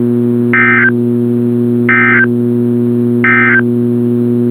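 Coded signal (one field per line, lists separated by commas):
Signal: Emergency Alert System (SAME) tones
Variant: end-of-message bursts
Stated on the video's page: Required weekly test on a weather radio transmitter.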